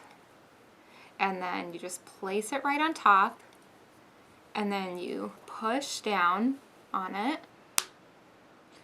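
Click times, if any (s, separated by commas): 7.8 s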